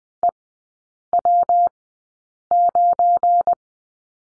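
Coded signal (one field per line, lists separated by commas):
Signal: Morse code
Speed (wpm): 20 wpm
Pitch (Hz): 700 Hz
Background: none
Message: EW9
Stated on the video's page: Morse code course lesson on the number 9 in three-character groups, at Farnsworth speed of 20/10 wpm.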